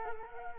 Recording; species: mosquito wingbeat signal from an infrared sensor; Culex quinquefasciatus